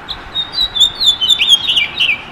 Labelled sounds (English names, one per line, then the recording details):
House Finch song
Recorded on Long Island, New York, on 5 June 2011
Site MA
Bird A